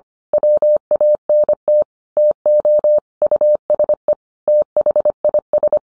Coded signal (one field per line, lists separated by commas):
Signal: Morse code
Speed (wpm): 25 wpm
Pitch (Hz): 600 Hz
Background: none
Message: WANT TO USE THIS